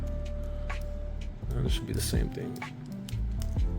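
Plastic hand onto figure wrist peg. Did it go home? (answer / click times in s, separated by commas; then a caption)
no / none. The other plastic hand is pushed onto the wrist peg of a Dragon Ball Z S.H. Figuarts Android 17 figure while someone talks over background music, with only a few faint handling taps heard. The hand fails to pop in, and nothing has seated or clicked yet.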